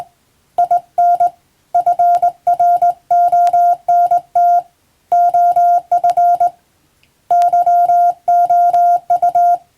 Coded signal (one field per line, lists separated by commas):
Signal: Morse code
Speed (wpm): 20 wpm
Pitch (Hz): 700 Hz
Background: music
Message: IN FRONT OF YOU